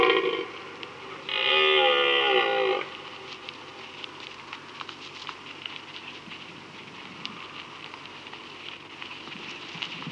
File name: Red Deer (Cervus elaphus)